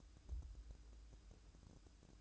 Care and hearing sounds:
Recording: daily activity, microphone in the room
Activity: make coffee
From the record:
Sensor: 2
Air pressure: 1007.2 hPa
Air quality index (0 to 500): 41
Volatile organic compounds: 1 ppm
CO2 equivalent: 542 ppm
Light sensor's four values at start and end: 6/14/6/6 and 6/14/6/6

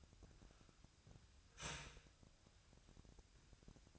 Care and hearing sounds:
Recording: daily activity, microphone in the room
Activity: start toaster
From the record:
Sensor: 2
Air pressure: 1001.8 hPa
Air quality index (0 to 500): 246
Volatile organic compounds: 37 ppm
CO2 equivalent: 3098 ppm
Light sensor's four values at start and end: 9/30/12/11 and 9/30/12/11

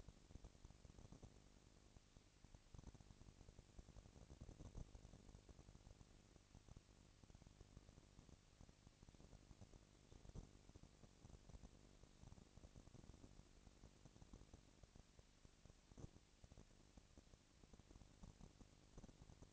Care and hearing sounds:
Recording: daily activity, microphone in the room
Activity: no activity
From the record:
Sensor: 4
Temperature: 22.5 degrees Celsius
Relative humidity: 33.3%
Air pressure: 999.6 hPa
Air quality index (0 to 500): 231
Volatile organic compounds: 21 ppm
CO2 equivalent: 2707 ppm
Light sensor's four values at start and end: 2/3/1/1 and 2/3/1/1

